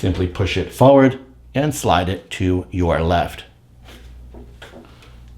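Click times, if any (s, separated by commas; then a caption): none. A display screen is handled against its slots on the front mount of a Bambu Lab P1P 3D printer while someone talks, followed by a few faint handling taps near 4.6 and 4.9 seconds. The clip ends before the screen is pushed forward and slid left until it latches, so nothing has seated or clicked yet.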